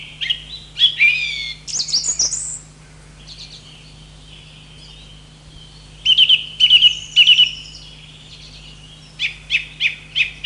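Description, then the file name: Song thrush song, varied phrases of clear whistles and scratchy notes, several short motifs each repeated several times in quick succession, with pauses between phrases. "drozd pevchij"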